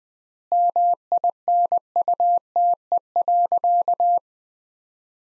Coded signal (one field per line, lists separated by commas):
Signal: Morse code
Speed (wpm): 21 wpm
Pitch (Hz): 700 Hz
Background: none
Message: MINUTE.